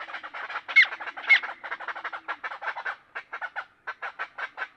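Great-tailed grackle uttering a steady string of harsh, chattering clucks, a couple of louder squeaky notes near the start.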